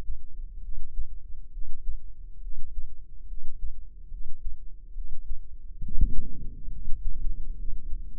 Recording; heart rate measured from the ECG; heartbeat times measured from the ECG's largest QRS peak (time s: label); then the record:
heart sounds by microphone in the left ear; 69 bpm
0.60 s: heartbeat
1.50 s: heartbeat
2.39 s: heartbeat
3.25 s: heartbeat
4.08 s: heartbeat
4.92 s: heartbeat
5.80 s: heartbeat
6.69 s: heartbeat
7.55 s: heartbeat
From the record:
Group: healthy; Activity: breath hold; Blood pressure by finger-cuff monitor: 118/80 mmHg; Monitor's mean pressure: 93 mmHg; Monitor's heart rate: 67 bpm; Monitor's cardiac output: 5.3 L/min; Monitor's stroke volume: 77 mL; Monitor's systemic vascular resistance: 1290 dyn s/cm5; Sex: female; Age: 22 years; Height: 160 cm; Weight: 45 kg